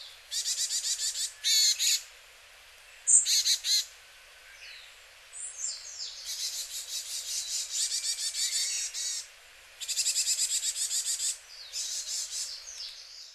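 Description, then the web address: Varied tit calls: dense high buzzy, scratchy bursts of rapid repeated notes, up to several seconds long, separated by brief gaps, with thin whistled notes between. Recorded in Hyogo, Japan, May 2009. "koe yamagara 0905 hyogo kaji"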